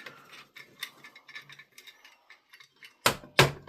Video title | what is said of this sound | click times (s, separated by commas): CLEANING FANS AND NEW THERMAL PASTE FOR FREE DONATED PC | That one definitely released. | 3.1 s, 3.4 s